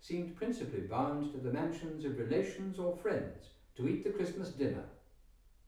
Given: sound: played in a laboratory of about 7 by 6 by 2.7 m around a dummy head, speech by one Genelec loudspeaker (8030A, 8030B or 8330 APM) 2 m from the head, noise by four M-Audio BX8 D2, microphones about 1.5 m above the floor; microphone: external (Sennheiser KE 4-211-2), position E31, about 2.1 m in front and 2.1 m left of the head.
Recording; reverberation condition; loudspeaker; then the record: male speech in English; medium; 150 degrees to the right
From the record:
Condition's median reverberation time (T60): about 510 ms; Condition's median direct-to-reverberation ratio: about -0.5 dB